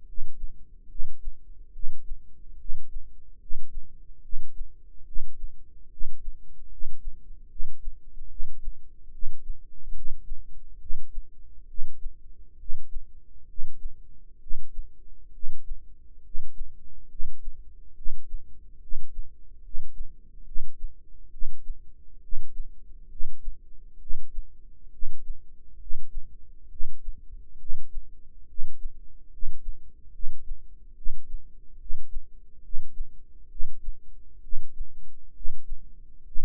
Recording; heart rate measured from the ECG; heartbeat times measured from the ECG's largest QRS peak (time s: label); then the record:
heart sounds by microphone in the right ear; 70 bpm
0.05 s: heartbeat
0.88 s: heartbeat
1.72 s: heartbeat
2.57 s: heartbeat
3.38 s: heartbeat
4.21 s: heartbeat
5.04 s: heartbeat
5.89 s: heartbeat
6.69 s: heartbeat
7.48 s: heartbeat
8.28 s: heartbeat
9.11 s: heartbeat
9.93 s: heartbeat
10.78 s: heartbeat
11.67 s: heartbeat
12.57 s: heartbeat
13.46 s: heartbeat
14.39 s: heartbeat
15.31 s: heartbeat
16.22 s: heartbeat
17.08 s: heartbeat
17.94 s: heartbeat
18.79 s: heartbeat
19.61 s: heartbeat
20.44 s: heartbeat
21.30 s: heartbeat
22.20 s: heartbeat
23.08 s: heartbeat
23.98 s: heartbeat
24.90 s: heartbeat
25.78 s: heartbeat
26.68 s: heartbeat
27.57 s: heartbeat
28.46 s: heartbeat
29.29 s: heartbeat
30.11 s: heartbeat
30.94 s: heartbeat
31.77 s: heartbeat
32.61 s: heartbeat
33.48 s: heartbeat
34.41 s: heartbeat
35.32 s: heartbeat
36.24 s: heartbeat
From the record:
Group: healthy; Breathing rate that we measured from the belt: 19 breaths a minute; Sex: male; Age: 35 years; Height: 180 cm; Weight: 86.9 kg